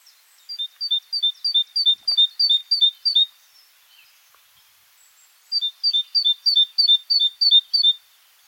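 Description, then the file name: Great tit giving high, clear two-note phrases repeated rapidly in two bouts of several, separated by a short quiet gap. "Parus major"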